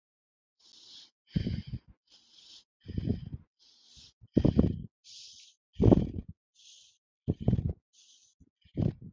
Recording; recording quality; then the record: shallow breathing; excellent, no background noise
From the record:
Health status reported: healthy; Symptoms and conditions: none ticked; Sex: female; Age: 22 years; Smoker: not ticked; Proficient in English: yes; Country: India